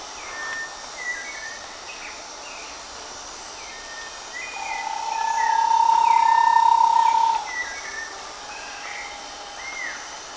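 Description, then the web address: Bahia tapaculo giving a steady, mid-pitched trilled note of about three seconds, with scattered high chirps from other birds throughout. "Bahia tapaculo. صدای-پرنده-تپلک-باهیا"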